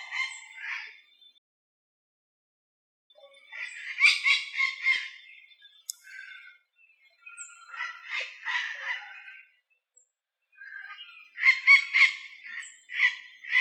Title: Papagaio verdadeiro